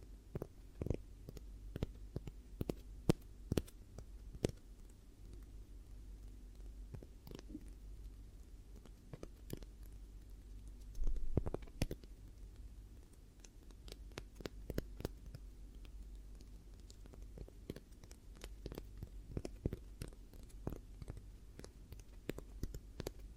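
Soft crinkly tapping and scratching clicks arrive in irregular, frequent bursts over a low steady rumble, with a busier cluster around eleven seconds.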